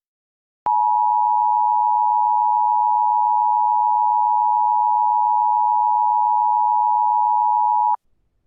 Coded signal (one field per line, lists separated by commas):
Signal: Emergency Alert System (SAME) tones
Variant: 853 and 960 Hz attention tone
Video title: EAS recreation - Severe Thunderstorm Warning issued at 5:19 PM EST through KHB34